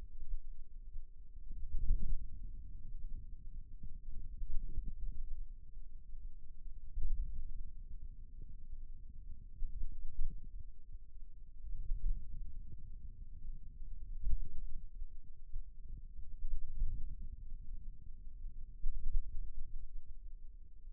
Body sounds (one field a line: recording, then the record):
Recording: forearm muscle sounds (acoustic myography)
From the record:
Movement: pen grasping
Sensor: system 2, bracelet of six BSWA MPA416 microphones around the upper forearm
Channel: 4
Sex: male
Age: 22 years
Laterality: right